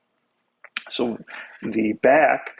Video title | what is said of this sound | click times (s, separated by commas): Showcase & Setup - ZYMYLF M416 Comic | and then there's a couple notches and a couple grooves that have to line up and that clicks in place like that okay | 0.6 s, 0.8 s